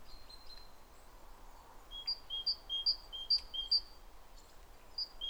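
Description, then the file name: Great tit calling in clear paired whistles, high then low, repeated about five times at an even pace, a short break, then the pattern resumes over faint background hiss. "Parus major"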